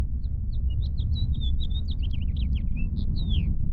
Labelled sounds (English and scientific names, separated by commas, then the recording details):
House Finch (Haemorhous mexicanus) song
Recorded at Lawrence on Long Island, New York, on 4 June 1975
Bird F